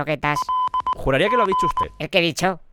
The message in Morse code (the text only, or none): LG